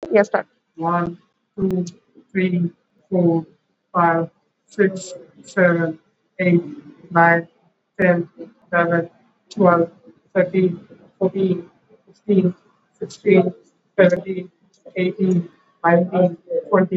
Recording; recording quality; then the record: counting at a normal pace; excellent, no background noise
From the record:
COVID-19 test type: RT-PCR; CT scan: not taken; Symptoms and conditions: cough, cold, fever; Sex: male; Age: 35 years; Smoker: no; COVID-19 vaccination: both doses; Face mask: worn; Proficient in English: yes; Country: India